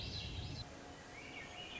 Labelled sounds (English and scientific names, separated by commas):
Swainson's Thrush (Catharus ustulatus)